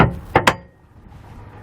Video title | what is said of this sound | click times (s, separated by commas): etrailer - Stealth Hitches Hidden Rack Receiver Installation - 2020 Jeep Grand Cherokee | lock into place you'll see the little tab here move and then our receiver can just push straight up | 0.4 s, 0.5 s